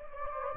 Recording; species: mosquito wingbeat signal from an infrared sensor; Anopheles gambiae